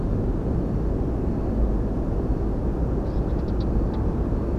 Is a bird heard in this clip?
yes